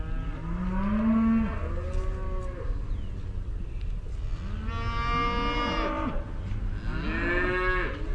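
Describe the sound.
Cow lowing, several drawn-out moos, the first long and steady and later ones with a bending pitch.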